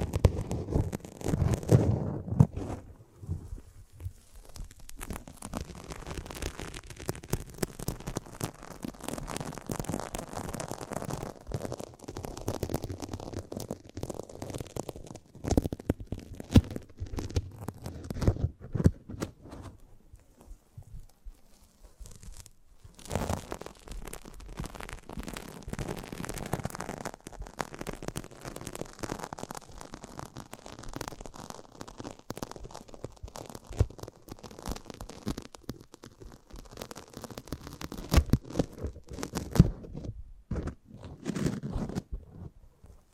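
ASMR close-up mic treatment: dense, crackly rubbing and crunching sounds with frequent sharp clicks and taps, plus soft low rumbles. The texture shifts constantly, with louder bursts near the start and around 40 seconds and a brief quieter lull near 20 seconds.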